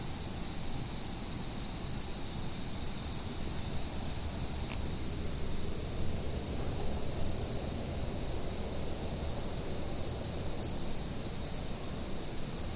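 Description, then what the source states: Insects calling in a steady, high continuous trill, with bursts of sharper pulsed chirps breaking in at irregular intervals. Autumn.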